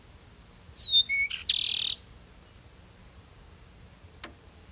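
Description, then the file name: Peruvian meadowlark song: a brief high whistle, then sliding whistled notes falling in pitch, ending in a harsh buzzy wheeze; a single sharp click follows in the quiet. "Sturnella bellicosa - Peruvian Meadowlark"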